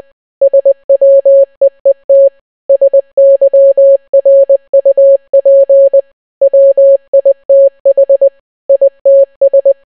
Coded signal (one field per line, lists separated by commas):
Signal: Morse code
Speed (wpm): 20 wpm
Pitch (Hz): 550 Hz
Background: none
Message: SWEET SYRUP WITH ITS